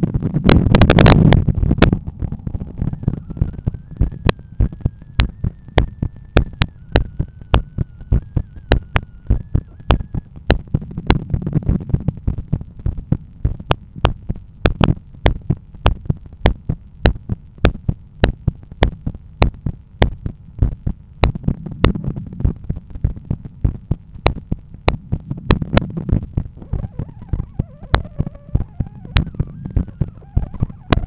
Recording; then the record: heart sounds by stethoscope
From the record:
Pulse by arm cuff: 102 bpm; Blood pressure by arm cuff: 133/81 mmHg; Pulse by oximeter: 101 bpm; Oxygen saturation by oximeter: 96%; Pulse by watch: 98 bpm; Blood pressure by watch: 132/87 mmHg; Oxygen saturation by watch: 97%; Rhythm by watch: sinus rhythm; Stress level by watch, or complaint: medium stress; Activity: after brunch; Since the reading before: plus 4000 steps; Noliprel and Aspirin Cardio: after pills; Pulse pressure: 52 mmHg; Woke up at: 7:20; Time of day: 13:45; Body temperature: 36.2 C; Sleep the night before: 7 h 55 min, score 79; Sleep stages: REM 22%, light 61%, deep 7%, awake 10%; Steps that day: 8800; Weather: sunny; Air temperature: 22.3 C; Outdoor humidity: 62%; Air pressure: 1013 hPa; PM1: 5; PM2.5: 8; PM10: 9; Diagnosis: hypertension, treated with Noliprel and Aspirin Cardio 100 mg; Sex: male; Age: 53 years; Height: 174 cm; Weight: 81 kg